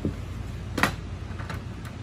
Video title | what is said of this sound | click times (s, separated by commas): 2021 Cedar Creek Cottage Walk Around Video | should you need it that's where it is clicks back into place | 0.8 s